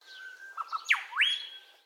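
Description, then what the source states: Grey shrike-thrush call: a steady whistled note, then a sharp descending note and a rising whistled sweep into a held high tone. Australian native bird.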